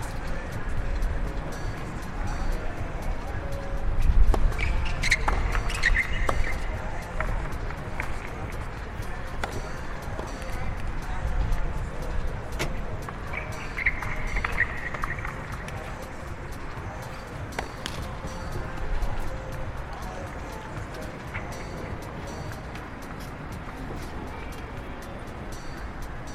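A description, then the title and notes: Outdoors at the US Open, a steady murmur of voices and low traffic-like rumble is broken by sharp, scattered pops of ball strikes. This is my annual exploration of sounds from the US Open Tennis tournament, held in New York at the end of each Summer.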